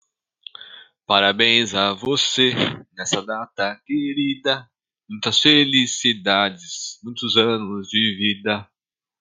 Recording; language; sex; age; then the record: short text; Brazilian Portuguese; male; 30 to 39 years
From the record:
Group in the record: control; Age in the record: 38 years